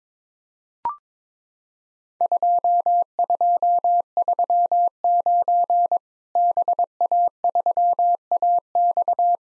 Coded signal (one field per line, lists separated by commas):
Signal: Morse code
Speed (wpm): 22 wpm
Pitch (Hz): 700 Hz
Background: none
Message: 2239 BA3AX